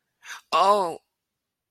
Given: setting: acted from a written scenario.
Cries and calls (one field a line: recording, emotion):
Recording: vocal sound without words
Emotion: pain